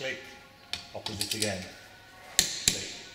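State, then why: Torque reached. Someone talks as a click-type torque wrench tightens the opposite wheel nut in a cross pattern. The wrench clicks at its 115 Nm setting at 2.4 s, followed by a second sharp snap at 2.7 s.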